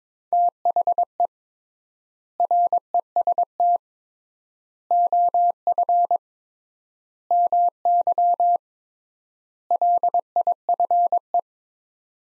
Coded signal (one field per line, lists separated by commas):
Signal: Morse code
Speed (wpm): 22 wpm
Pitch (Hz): 700 Hz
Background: none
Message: THE REST OF MY LIFE